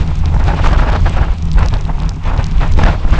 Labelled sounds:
none
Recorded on Arctic tundra, site UTQI-2, on 12 June 2019
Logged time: 04:00

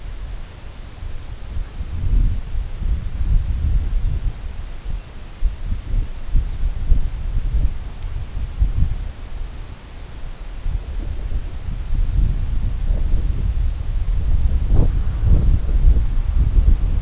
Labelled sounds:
none
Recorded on Arctic tundra, site CORI-1, on 21 June 2018
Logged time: 00:00

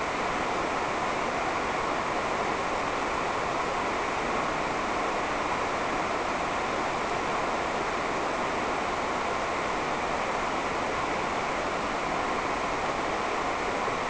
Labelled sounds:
none
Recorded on Arctic tundra, site NAIT-1, on 28 June 2018
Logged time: 07:00

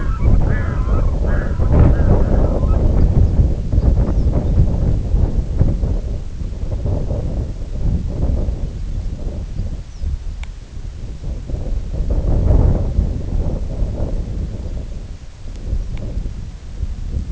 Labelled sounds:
Red-throated Loon
Lapland Longspur
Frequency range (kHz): Lapland Longspur 3.0-6.7 kHz
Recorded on Arctic tundra, site IGLO-D, on 19 June 2018
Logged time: 18:00

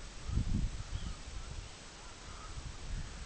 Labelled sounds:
Red-throated Loon
unidentified sound
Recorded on Arctic tundra, site EABA-MC, on 24 June 2019
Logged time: 12:00

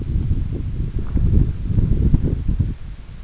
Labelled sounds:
none
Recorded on Arctic tundra, site EABA-1, on 21 June 2018
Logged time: 02:00

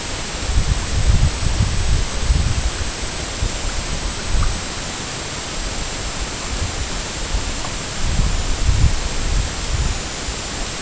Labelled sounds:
none
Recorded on Arctic tundra, site EABA-MC, on 22 June 2019
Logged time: 00:00

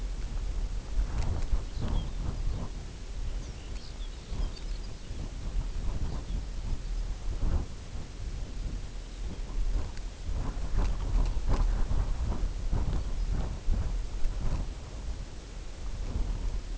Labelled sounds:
Lapland Longspur
unidentified sound
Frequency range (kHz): Lapland Longspur 1.9-7.6 kHz
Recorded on Arctic tundra, site UTQI-0, on 16 June 2019
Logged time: 20:00

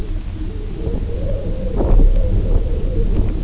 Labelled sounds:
none
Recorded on Arctic tundra, site UTQI-0, on 19 June 2018
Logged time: 22:00

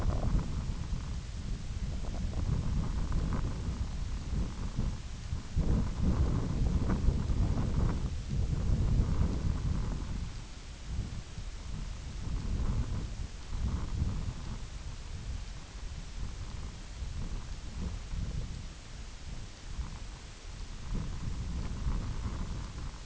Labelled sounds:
none
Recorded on Arctic tundra, site IGLO-F, on 22 June 2018
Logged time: 04:00

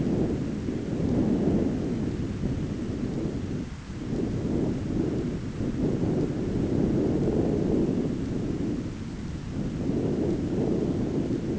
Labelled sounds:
none
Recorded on Arctic tundra, site ZACK-1, on 15 June 2019
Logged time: 19:49

